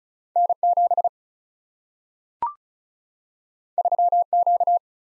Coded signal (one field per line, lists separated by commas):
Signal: Morse code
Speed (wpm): 36 wpm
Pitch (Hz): 700 Hz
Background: none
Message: N7 3Q